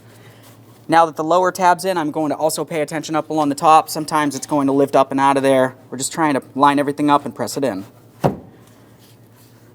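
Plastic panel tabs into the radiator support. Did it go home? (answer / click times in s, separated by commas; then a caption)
yes / 8.3 s. Someone talks while lining up a plastic panel along its top edge and pressing it into its mounting tabs on the radiator support of a 1994–2001 Dodge Ram 1500 5.2L V8 during a radiator replacement, with the lower tab already in. After the talking stops, a single sharp click is heard at 8.3 s as the tab seats into place. The panel is then tugged to check that it stays put.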